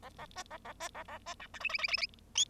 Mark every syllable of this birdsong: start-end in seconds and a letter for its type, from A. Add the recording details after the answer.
0.02-0.09 A, 0.18-0.26 A, 0.36-0.43 B, 0.51-0.57 A, 0.65-0.73 A, 0.80-0.89 B, 0.94-1.03 A, 1.08-1.18 A, 1.26-1.34 B, 1.40-1.47 C, 1.54-1.59 D, 1.60-1.69 E, 1.69-1.78 E, 1.78-1.88 E, 1.88-1.97 E, 1.97-2.06 E, 2.35-2.44 F. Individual Bird0